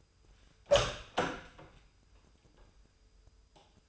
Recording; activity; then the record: daily activity, microphone in the room; open door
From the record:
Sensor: 2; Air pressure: 996.0 hPa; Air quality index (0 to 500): 38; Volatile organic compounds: 1 ppm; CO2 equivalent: 659 ppm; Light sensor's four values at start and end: 11/27/11/12 and 11/27/11/12